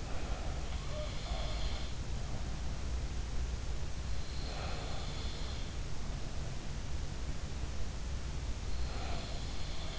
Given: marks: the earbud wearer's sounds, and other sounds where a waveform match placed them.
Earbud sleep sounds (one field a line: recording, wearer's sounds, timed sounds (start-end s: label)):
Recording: sounds in sleep by an in-ear microphone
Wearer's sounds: breath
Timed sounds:
0.00-0.67 s: breath
0.87-2.57 s: sound from someone else or the room
4.35-5.43 s: sound from someone else or the room
8.80-9.99 s: sound from someone else or the room